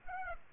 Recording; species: mosquito wingbeat signal from an infrared sensor; Aedes aegypti